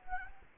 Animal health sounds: mosquito wingbeat signal from an infrared sensor; Culex quinquefasciatus

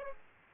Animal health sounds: mosquito wingbeat signal from an infrared sensor; Aedes aegypti

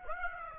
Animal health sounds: mosquito wingbeat signal from an infrared sensor; Aedes aegypti

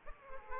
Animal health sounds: mosquito wingbeat signal from an infrared sensor; Aedes aegypti

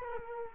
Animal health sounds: mosquito wingbeat signal from an infrared sensor; Culex quinquefasciatus

